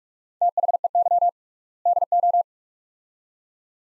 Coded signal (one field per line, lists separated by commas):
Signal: Morse code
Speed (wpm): 45 wpm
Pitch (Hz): 700 Hz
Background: none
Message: THEY DO